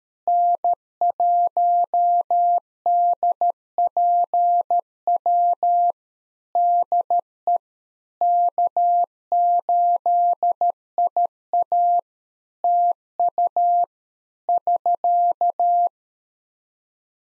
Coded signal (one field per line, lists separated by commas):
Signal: Morse code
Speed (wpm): 13 wpm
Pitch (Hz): 700 Hz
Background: none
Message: N1DPW DE K8IA TU <SK>